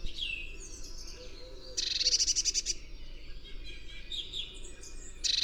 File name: Cyanistes caeruleus